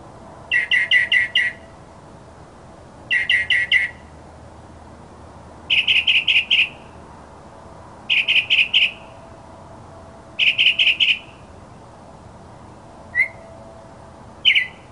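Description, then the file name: Mockingbird song of rattling, buzzy bursts, each about a second long and spaced a few seconds apart, ending with two short isolated notes. Masteran (tutoring) sound of a mockingbird. "suara masteran mockingbird"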